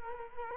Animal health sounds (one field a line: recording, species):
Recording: mosquito wingbeat signal from an infrared sensor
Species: Culex quinquefasciatus